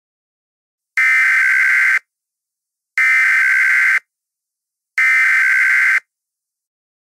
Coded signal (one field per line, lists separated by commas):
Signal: Emergency Alert System (SAME) tones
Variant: header bursts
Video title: When Hurricanes Collide - EAS Scenario #3